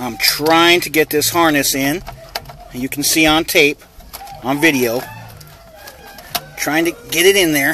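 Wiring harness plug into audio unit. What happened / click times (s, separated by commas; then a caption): The harness connector is being worked at but has not seated yet / none. Someone talks while trying to push a wiring harness plug into the back of the audio unit of a 745Li/750Li (E65/E66) during an auxiliary installation. Brief handling knocks are heard around 5.4, 5.9 and 6.4 seconds, but the plug has not seated or clicked into place yet.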